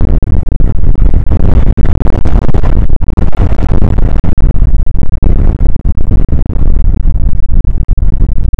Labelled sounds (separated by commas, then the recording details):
wind
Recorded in the Prudhoe Bay oil fields, Alaska, on 29 May 2019 at 00:05
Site 25